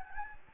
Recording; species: mosquito wingbeat signal from an infrared sensor; Anopheles gambiae